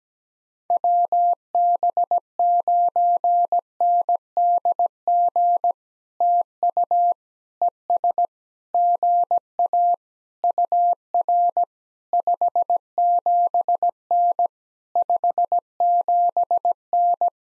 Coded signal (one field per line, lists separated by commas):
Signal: Morse code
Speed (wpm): 17 wpm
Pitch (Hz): 700 Hz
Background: none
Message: WB9NDG TU ES GA UR 57N 57N